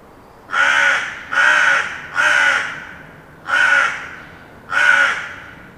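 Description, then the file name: Carrion Crow caws: five harsh, hoarse calls, the first three close together, then two more after a short pause, against a quiet background. "Corvus corone"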